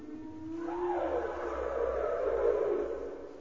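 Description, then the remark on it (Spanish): Humpback whale song, a courtship song in the warm Pacific waters off the coast of Ecuador: a single drawn-out, eerie moan that starts as a steady low tone, swoops upward, then stretches into a wavering, slightly raspy wail lasting about three seconds, with no voices. “Se trata de la visita de las ballenas jorobadas que llegan a las cálidas aguas del Pacífico luego de nadar 8.000 kilómetros desde la Antártida.”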